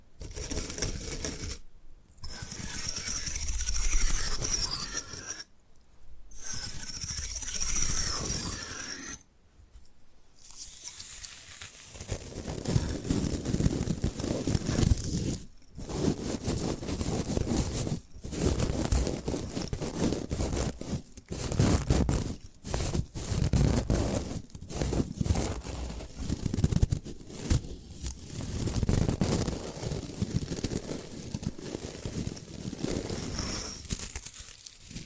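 Bamboo being scratched and brushed. The first ten seconds are bright, hissing strokes split by brief pauses; after that a denser, lower, gritty rubbing runs on with short breaks every few seconds and occasional sharper clicks among the strokes.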